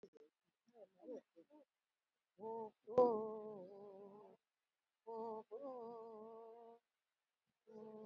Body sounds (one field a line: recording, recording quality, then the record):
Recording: sustained vowel as in boot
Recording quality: poor, much background noise or distortion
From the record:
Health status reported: healthy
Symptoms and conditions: hypertension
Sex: female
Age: 73 years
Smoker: no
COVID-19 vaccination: one dose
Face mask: not worn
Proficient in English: no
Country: India